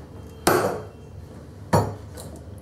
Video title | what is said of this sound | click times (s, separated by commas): RepRap Prusa i3 Assembly Guide p2 - Y Axis Assembly - Additiveware International | you can hear that snap it's really tight in there | 0.5 s